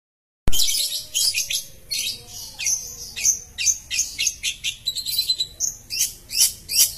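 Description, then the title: Long-tailed shrike song beginning after a moment of silence, then a continuous jumble of squeaky, rapid high notes and short varied phrases. "Cendet"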